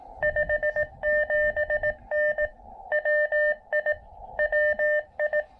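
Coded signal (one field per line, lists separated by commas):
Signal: Morse code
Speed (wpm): 19 wpm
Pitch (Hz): 600 Hz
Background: none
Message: 57N WI WI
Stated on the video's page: Quick QRP Parks on the Air activation with an Elecraft KX2 set up on a knee board.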